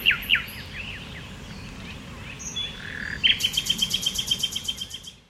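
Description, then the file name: Common nightingale song: a few sharp chirps and soft notes, then a fast, even series of loud repeated notes fading away at the end. "Luscinia megarhynchos"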